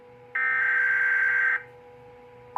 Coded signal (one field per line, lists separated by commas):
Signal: Emergency Alert System (SAME) tones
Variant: header bursts